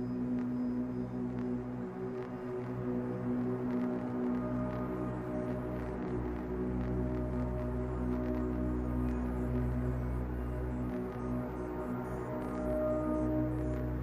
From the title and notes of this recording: ASMR | COSMIC SPACE AMBIENCE.